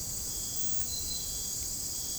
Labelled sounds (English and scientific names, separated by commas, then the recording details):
none
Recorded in dense forest near Puerto Asís, Putumayo, Colombia, on 29 June 2025 at 03:30
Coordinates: 0.503, -76.323
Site G059